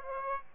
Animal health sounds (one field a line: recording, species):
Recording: mosquito wingbeat signal from an infrared sensor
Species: Aedes aegypti